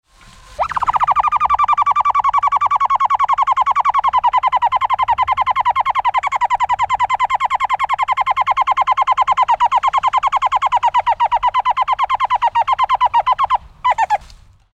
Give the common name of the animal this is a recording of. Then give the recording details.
Coruro. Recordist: Tembrock, Günter. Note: Lautfolge